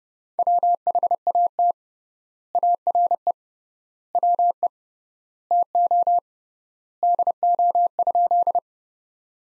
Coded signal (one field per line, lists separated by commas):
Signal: Morse code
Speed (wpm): 31 wpm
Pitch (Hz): 700 Hz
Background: none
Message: WHAT ARE WE TO DO?